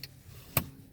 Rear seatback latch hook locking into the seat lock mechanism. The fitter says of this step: locks in when you do that the knob goes up see like that and then locks